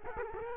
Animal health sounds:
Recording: mosquito wingbeat signal from an infrared sensor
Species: Culex quinquefasciatus

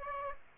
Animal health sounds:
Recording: mosquito wingbeat signal from an infrared sensor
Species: Aedes aegypti

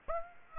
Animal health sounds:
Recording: mosquito wingbeat signal from an infrared sensor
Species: Aedes aegypti

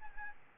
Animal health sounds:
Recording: mosquito wingbeat signal from an infrared sensor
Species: Aedes albopictus

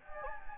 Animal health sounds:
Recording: mosquito wingbeat signal from an infrared sensor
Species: Anopheles gambiae

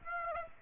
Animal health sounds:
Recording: mosquito wingbeat signal from an infrared sensor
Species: Aedes aegypti

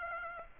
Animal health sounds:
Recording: mosquito wingbeat signal from an infrared sensor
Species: Aedes aegypti

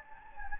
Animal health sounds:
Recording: mosquito wingbeat signal from an infrared sensor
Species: Anopheles gambiae

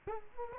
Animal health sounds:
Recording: mosquito wingbeat signal from an infrared sensor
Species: Culex quinquefasciatus

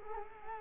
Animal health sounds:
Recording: mosquito wingbeat signal from an infrared sensor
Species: Culex quinquefasciatus

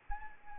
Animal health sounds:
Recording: mosquito wingbeat signal from an infrared sensor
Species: Anopheles arabiensis

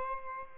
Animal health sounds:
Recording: mosquito wingbeat signal from an infrared sensor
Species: Aedes albopictus

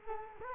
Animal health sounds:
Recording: mosquito wingbeat signal from an infrared sensor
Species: Culex quinquefasciatus

